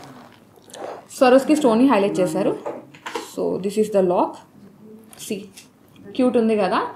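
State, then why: Seated. The clasp of a light gold bracelet (kada) set with Swarovski stones is closed to show how it fastens, and a sharp, short metallic click is heard at 0.7 s as the clasp locks shut. Someone talks throughout the rest of the clip.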